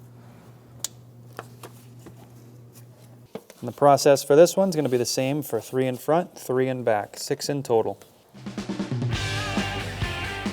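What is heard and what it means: On a 2007-2013 Acura MDX, the electrical connector is pushed back onto the ignition coil after the spark plug is replaced, and it seats with a sharp, loud click at 0.9 s, followed by a few quieter taps. Someone then talks, and music with drums and guitar starts near the end.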